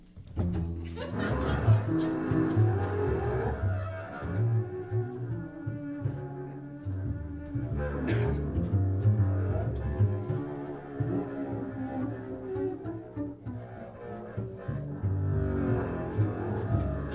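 Two double basses play the part of the bird in a told story about a little boy, a wolf and some hunters, in a dense, continuous low register, with sustained tones overlapping sharper accented flurries every few seconds. Fairly loud throughout, with no talking.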